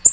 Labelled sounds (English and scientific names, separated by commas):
Black-throated Green Warbler (Setophaga virens) flight call